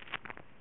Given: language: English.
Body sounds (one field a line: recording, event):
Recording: throat vibration sensor signal played as sound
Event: swallow